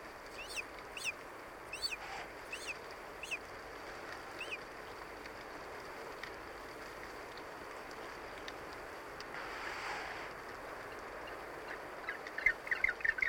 Yellow-eyed penguin/hoiho adults and chick.